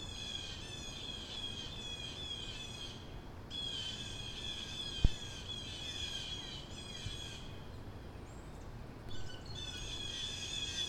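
Crow giving rapid, high squeaky chatter in long bursts, with a sharp click midway, a quieter gap, then chatter resuming.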